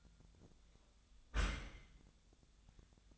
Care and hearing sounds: daily activity, microphone in the room; close dishwasher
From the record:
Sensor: 3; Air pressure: 1004.6 hPa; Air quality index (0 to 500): 108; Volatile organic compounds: 5 ppm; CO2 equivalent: 1705 ppm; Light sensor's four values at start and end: 7/17/7/6 and 7/17/7/6

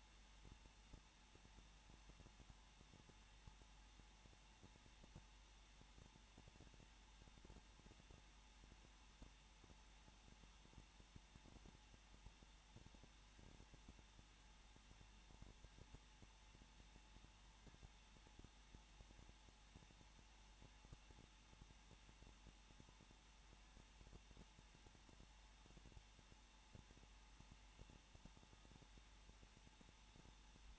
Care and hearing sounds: daily activity, microphone in the room; no activity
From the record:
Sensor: 1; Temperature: 20.1 degrees Celsius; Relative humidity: 39.4%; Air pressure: 1006.4 hPa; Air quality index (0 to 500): 218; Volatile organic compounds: 80 ppm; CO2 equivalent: 3604 ppm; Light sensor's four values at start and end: 1/2/1/1 and 1/2/1/1

